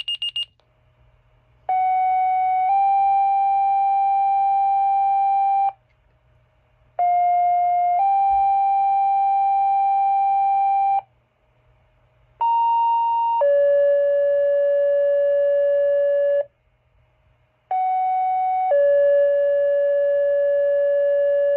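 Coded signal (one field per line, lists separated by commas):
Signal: two-tone page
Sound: four two-tone pages, each a short steady tone then a longer different tone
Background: low hum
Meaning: Sequential tone pairs activate fire department pagers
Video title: Weekly Fire Pager Test on Motorola Minitor VI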